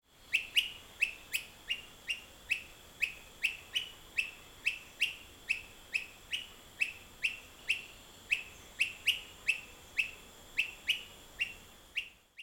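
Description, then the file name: Brown-crested flycatcher giving a long series of short, sharp whit notes, repeated steadily about twice per second for over twelve seconds, with a faint constant hiss. "myiarchus tyrannulus"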